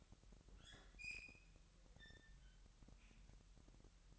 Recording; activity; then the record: daily activity, microphone in the room; open fridge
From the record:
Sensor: 3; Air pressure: 1001.9 hPa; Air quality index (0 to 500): 246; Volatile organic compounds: 50 ppm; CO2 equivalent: 3302 ppm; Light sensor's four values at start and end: 12/36/15/13 and 12/36/15/13